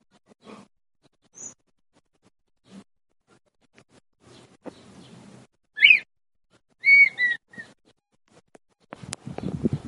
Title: Perdiz Cantando. Perdiz Macho Cantando Para A Fêmea